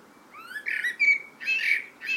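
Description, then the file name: Common blackbird: a thin rising note leads into harsher, squawky notes, then two further bursts after a short pause; background otherwise quiet. "Turdus merula"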